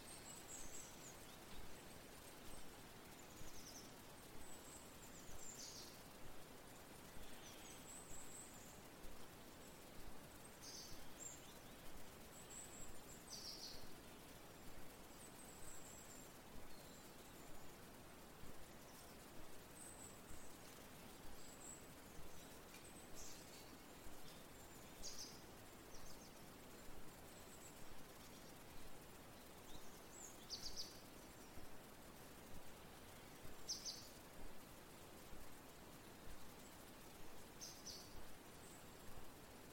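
A forest at night with a steady, dense hiss of rain and wind in the trees. High, bright cricket chirps pulse at a regular pace, roughly once a second, throughout. The mix stays even.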